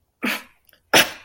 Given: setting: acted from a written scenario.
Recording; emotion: vocal sound without words; contempt